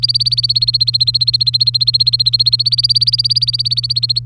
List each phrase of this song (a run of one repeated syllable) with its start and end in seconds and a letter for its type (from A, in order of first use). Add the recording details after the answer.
0.00-4.19 A. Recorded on 3 May 2018 at 12:19. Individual llb3